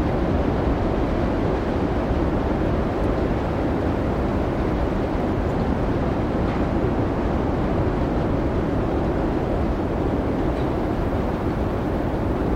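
Winter storm ambience: a steady, dense roar of wind fills the whole clip, heaviest in the low rumble and thinning toward the top. The level barely changes, with only faint brief flickers around the third, sixth and tenth seconds.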